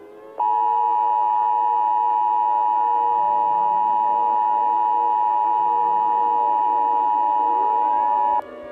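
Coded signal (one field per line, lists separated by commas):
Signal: Emergency Alert System (SAME) tones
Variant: 853 and 960 Hz attention tone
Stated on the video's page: Fictional EAS scenario that uses valid EAS tones.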